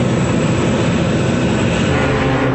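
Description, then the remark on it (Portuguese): A propeller airplane flies by with a loud, steady droning roar, deep and rumbling with a broad hiss on top, holding constant for a few seconds without any voices. “Há várias formas de dar a volta ao mundo. De avião.”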